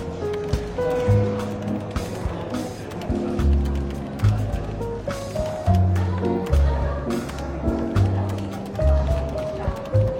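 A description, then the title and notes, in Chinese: A London bookshop café carries a soft murmur of chatter over relaxed jazz, with a steady walking bass and clear melody notes throughout. 伦敦书店咖啡馆轻微喧闹氛围与柔和轻松的爵士背景音乐。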